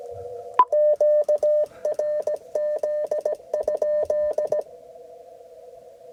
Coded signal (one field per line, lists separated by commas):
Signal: Morse code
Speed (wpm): 15 wpm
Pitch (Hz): 600 Hz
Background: none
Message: QRZ?